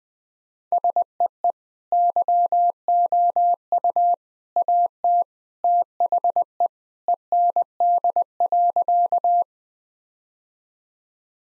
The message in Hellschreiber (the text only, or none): none